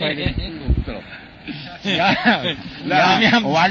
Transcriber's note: laughs